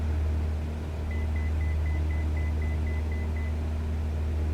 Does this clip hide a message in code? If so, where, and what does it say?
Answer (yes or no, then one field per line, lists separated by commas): no